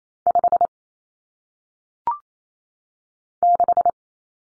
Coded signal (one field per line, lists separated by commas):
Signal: Morse code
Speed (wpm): 28 wpm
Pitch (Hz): 700 Hz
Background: none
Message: 5 6